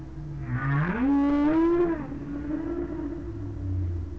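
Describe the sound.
Whale call, a single low tone sweeping upward and holding steady for about a second before gradually fading, over a faint continuous low rumble.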